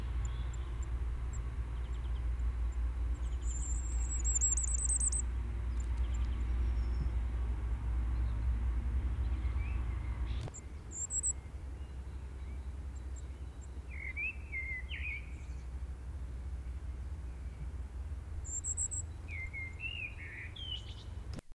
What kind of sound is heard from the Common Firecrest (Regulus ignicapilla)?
song